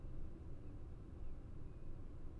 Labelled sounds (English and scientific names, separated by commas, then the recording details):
Common Blackbird (Turdus merula)
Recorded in Germany
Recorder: ecoPi